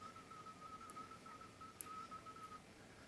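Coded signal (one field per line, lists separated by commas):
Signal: JS8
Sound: a steady warbling tone that shifts slightly in small pitch steps, over hiss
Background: radio static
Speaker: here we go and the software will decode it into text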